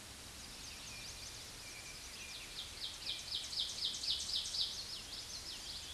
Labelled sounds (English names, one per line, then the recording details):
Ovenbird song
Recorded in a Pennsylvania forest on 16 May 2024 at 07:34
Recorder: AudioMoth, point MSD-1307
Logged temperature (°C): 16.6 °C
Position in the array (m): 212 m, 129 m